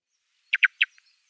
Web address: Schulze Peter Song Thrush calls